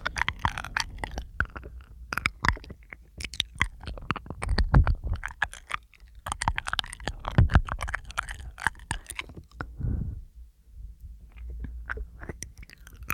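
Mouth sounds and breathing: a dense run of wet clicks, smacks and chewing-like crackles, many sharp and bright, fills most of the clip. A soft, low breath swells around ten seconds, after which the sounds thin out to a few scattered clicks over a faint hum.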